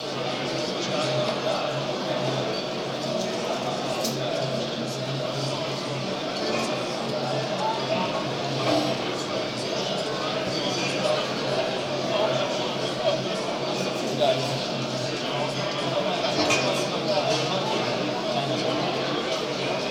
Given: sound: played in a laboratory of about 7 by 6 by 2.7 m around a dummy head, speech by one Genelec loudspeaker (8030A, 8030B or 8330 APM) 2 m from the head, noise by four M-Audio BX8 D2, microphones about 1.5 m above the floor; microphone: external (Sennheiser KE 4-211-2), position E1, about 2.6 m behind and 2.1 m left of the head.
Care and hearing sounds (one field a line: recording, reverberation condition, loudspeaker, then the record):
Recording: cafeteria noise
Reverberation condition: high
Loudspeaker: four, about 170 cm from the corners of the room and facing them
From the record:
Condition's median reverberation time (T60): about 1300 ms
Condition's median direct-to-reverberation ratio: about -4.0 dB